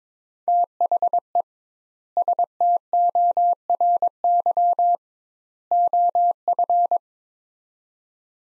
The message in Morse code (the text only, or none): THE STORY OF